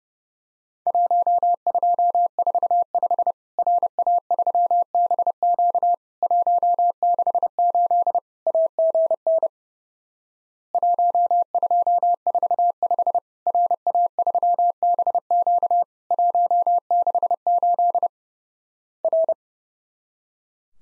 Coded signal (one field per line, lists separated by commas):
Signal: Morse code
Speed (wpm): 30 wpm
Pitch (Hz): 700 Hz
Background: none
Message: 1245 RA3BQ 168 AGN 1245 RA3BQ 168 R